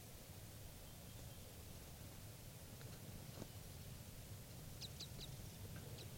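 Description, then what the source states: Red Crossbill giving a quick cluster of sharp, high notes near the end, then a few more, over a constant low hiss and rumble. Wild type 5 crossbill calls, recorded June 8, 1986, at 6:38 a.m., Tennessee Pass, Eagle County, Colorado.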